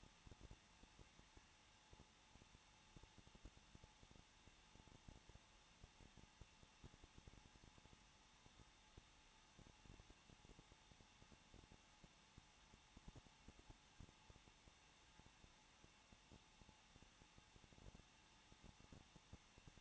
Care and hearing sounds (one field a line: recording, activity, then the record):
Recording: daily activity, microphone in the room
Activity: no activity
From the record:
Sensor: 1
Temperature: 20.0 degrees Celsius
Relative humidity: 39.4%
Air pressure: 1006.4 hPa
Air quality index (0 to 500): 219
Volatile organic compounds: 82 ppm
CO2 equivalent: 3623 ppm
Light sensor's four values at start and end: 1/2/1/1 and 1/2/1/1